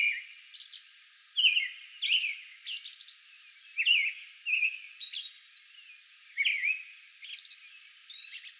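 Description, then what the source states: American robin song: rich slurred phrases alternating with faint high hissing notes, delivered at an uneven pace. Song bout recorded on May 11.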